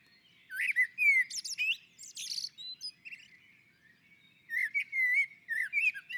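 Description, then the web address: Common blackbird song: a liquid whistled phrase with a squeaky high flourish, a brief pause, then another flowing fluted phrase. Singing on a roof. "Naturinspelningar Koltrast på taket"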